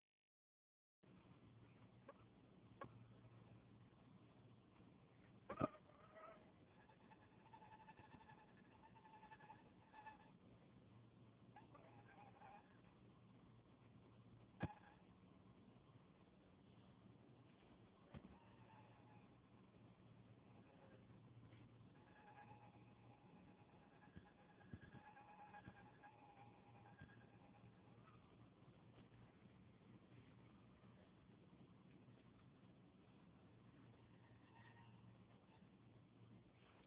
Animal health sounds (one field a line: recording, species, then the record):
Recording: mosquito flight sound by mobile phone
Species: Anopheles farauti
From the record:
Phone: Huawei 866C